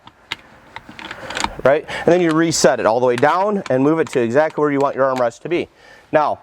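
A run of crisp, short clicks at 0.3, 0.8, 1.0 and 1.4 s rises well above a quiet background, like a ratchet catching tooth by tooth until it holds. From about 1.7 s someone is talking.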